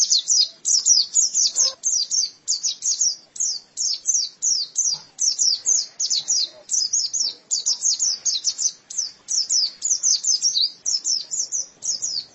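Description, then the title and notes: White-eye giving a fast, steady run of high-pitched, twittering chirps throughout. "Kicauan Burung Pleci Durasi Panjang. Suara kicauan burung pleci"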